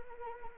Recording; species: mosquito wingbeat signal from an infrared sensor; Anopheles arabiensis